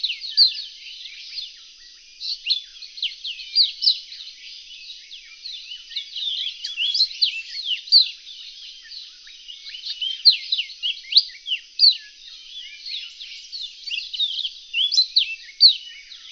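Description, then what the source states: Reunion olive white-eye song: dense, continuous high twittering of quick slurred notes, rising and falling, with few pauses. Song (kicau); called pleci in Indonesian.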